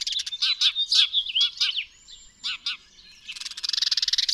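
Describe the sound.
Bird chirps: a burst of quick, bright, slurred notes, a short pause, two more chirps, then a fast, buzzy rattle of rapid pulses.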